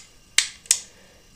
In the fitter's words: I'm going to show you how to make it work see that clicks